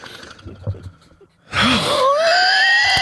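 After a quiet stretch of room noise, an adult man gives a sudden loud, rough cough-like burst, followed by a long, rising, high whistling tone. A deliberately demonstrated cough with a wheezy, rattling whistle.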